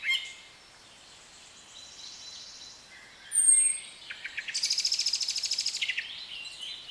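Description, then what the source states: Bird song with a thin high whistle near the middle, then a rapid pulsing trill of evenly repeated notes lasting over a second, over steady low hiss. British birds in a nature atmosphere.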